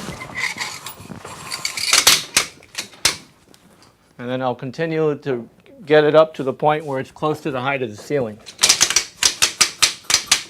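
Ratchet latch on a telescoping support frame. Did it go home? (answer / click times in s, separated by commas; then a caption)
yes / 8.6 s, 8.8 s, 9.3 s, 9.4 s, 9.6 s, 10.1 s. The ratcheting lock on a unit's telescoping support frame clicks sharply at 8.6, 8.8, 9.3, 9.4, 9.6 and 10.1 seconds as the frame is pushed up toward the ceiling, each click about a 1-inch step in height. Someone talks in the middle of the clip, and earlier sharp clicks and rattles are heard between about 1.5 and 3.1 seconds. The frame locks into place at each step.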